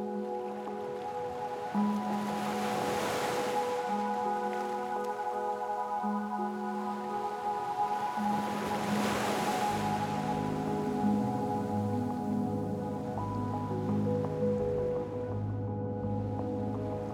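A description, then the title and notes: Soft ocean surf washes in, with two gentle swells rising and fading around the third and ninth seconds. Underneath, a steady layer of sustained, humming tones holds throughout, with low notes shifting slowly. Loudness stays even and calm across the clip. Midnight Peace at the Beach.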